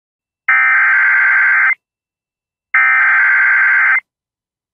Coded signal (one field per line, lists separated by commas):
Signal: Emergency Alert System (SAME) tones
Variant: header bursts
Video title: GA SVR EAS #660